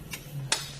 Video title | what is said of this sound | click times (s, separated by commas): Fit Check: Hollywood Racks Sport Rider SE Bike Rack for 2 Electric Bikes on a 2023 Nissan Rogue | and then you'll hear it click into place | 0.5 s